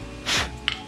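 An old blade fuse is pulled out of the plastic fuse holder/connector on the wiring of a TTR 225 dirt bike. A soft broadband rustle swells around 0.3 s, then a sharp pop at 0.7 s marks the fuse coming free, and the fuse is released from the holder.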